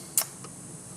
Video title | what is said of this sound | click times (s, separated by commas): Repair needed to make the Copart Maserati Quattroporte a "daily" | you think you've got it all the way in but no he's got push it a little bit further just snaps into place | 0.2 s